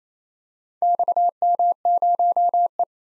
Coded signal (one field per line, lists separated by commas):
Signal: Morse code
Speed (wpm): 27 wpm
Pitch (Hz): 700 Hz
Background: none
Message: XM0E